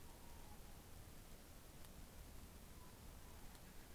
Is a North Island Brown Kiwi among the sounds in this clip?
no